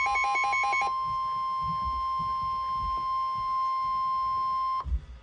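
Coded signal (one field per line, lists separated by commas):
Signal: Emergency Alert System (SAME) tones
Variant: 1050 Hz attention tone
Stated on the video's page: Watches and warnings received on NOAA Weather Radio.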